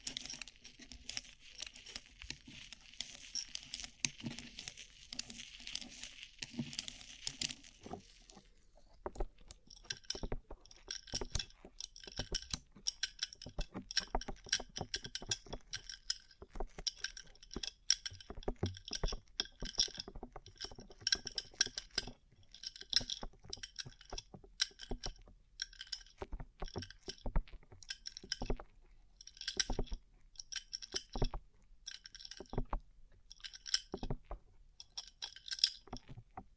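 Rhinestone-covered surface tapped, opening with a dense hissy scratching for eight seconds, then rapid irregular clicky taps with bright glassy ticks continuing throughout.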